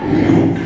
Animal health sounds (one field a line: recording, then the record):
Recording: squeal of a Yucatan mini pig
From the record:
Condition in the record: after surgery on the right vocal fold (resection and tissue-engineered implant)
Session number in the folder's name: 4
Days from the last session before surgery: 42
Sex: male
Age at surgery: 12 weeks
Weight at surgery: 13 kg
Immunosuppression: cyclosporine, prednisolone